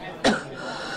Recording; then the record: coughing mixed with background sound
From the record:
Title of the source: female coughing - coughing sound effects girl